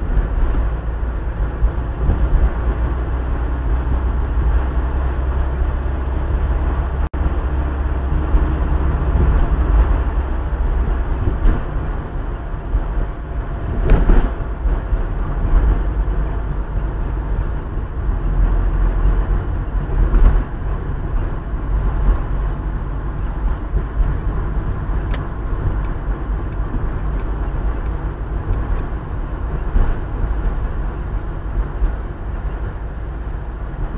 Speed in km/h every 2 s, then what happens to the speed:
33, 35, 37, 38, 39, 39, 36, 36, 35, 35, 36, 37, 37, 37, 36, 34, 33.
0-10 speeds up to 39. 10-34 steady at about 36.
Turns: none.